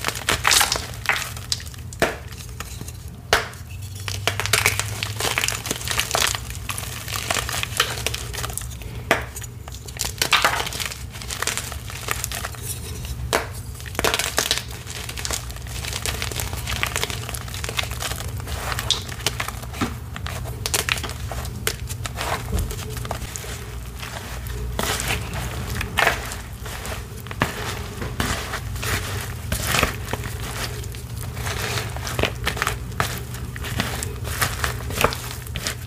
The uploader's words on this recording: Gym chalk ASMR. Purple gym chalk water crushes, reforms, paste mixing. Purple Pasted Gym Chalk Water Crush.